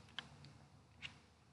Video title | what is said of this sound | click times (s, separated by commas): Paper jams and Paper-feed issues in HP OfficeJet 5200 All-in-One Printer | after that, reinsert the paper path cover. Make sure it snaps into place | 0.2 s